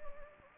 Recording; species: mosquito wingbeat signal from an infrared sensor; Anopheles gambiae